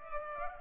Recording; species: mosquito wingbeat signal from an infrared sensor; Culex pipiens